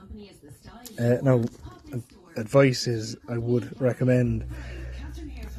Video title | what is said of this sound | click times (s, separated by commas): How To Replace a Peugeot 106 Radiator and Coolant Change | a fan or your temperature gauge for your radiator literally just clicks back in | 0.9 s